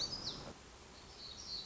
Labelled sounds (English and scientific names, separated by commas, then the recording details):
Black-throated Gray Warbler (Setophaga nigrescens)
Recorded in Sonoma County, California